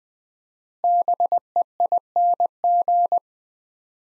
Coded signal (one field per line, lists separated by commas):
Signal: Morse code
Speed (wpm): 20 wpm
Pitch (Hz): 700 Hz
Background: none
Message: BEING